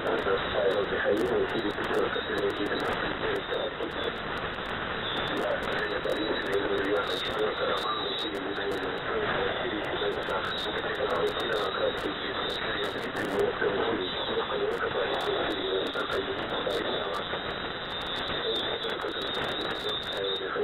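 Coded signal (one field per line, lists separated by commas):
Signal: coded military voice message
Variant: The Pip, Russian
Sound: a man's voice reading a message through heavy hiss and fading shortwave static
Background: radio static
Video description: "The Pip" is a Russian military radiostation that broadcasts on 5448 kHz at daytie and 3756 kHz at nighttime.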